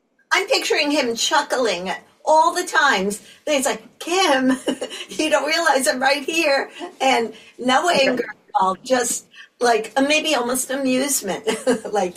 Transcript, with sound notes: I'm picturing him chuckling at all the times that he's like, "Kim," (laughs) , "You don't realize I'm right here." And no anger at all. Just like, maybe almost amusement.